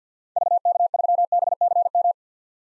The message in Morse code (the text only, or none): VK3BCM